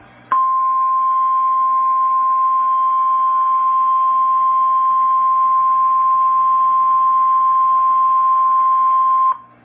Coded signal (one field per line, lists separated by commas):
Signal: Emergency Alert System (SAME) tones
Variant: 1050 Hz attention tone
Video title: Severe Thunderstorm Warning | EAS #126